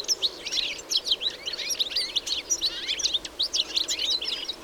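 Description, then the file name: European goldfinch twittering calls, many high, quick chirps and trills running almost continuously. "Carduelis carduelis"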